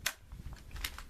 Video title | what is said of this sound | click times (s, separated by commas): AR MAGAZINE OVERVIEW GI MAGPUL H&K | you going to hear that click | 0.1 s